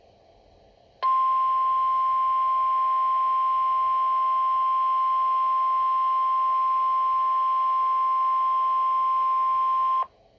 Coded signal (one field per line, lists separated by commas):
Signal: Emergency Alert System (SAME) tones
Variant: 1050 Hz attention tone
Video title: Severe Thunderstorm Warning (EAS #27)